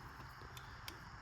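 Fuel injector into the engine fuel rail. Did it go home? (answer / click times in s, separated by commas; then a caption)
no / none. A new fuel injector with O-rings is handled at the socket of an E46 engine fuel rail, ready to be pressed in. Against a steady low background hum, faint ticks are heard, with one short, sharp tick near 0.9 s. Nothing has seated or clicked into place yet.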